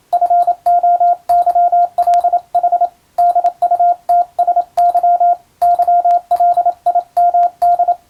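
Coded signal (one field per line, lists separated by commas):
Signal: Morse code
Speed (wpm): 27 wpm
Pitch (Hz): 700 Hz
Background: radio noise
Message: FOYLH DUTSY YLIMD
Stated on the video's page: Marine radiotelegraph telegram sending practice for the Japanese radio operator licence exam's Morse practical, also for amateur receiving training.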